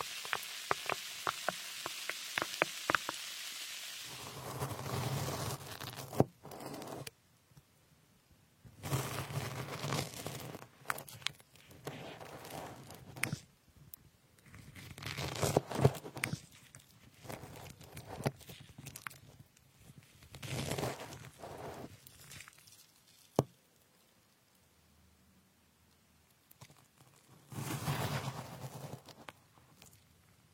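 Strawberries and other fruit are being cut, heard as bursts of soft, wet slicing and thudding against a board. The bursts come every few seconds with short quiet gaps between. A bright hissing rustle fills the first four seconds, and a few sharp clicks stand out.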